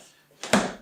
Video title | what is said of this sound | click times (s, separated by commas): Kreg 720 Pro vs K5 Pocket Hole Jig Comparison & Detailed Review 1 Year On | now she's locked in | 0.4 s, 0.5 s